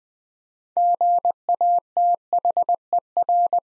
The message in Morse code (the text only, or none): GATHER